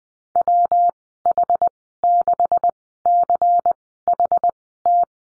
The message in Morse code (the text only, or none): WH6CHT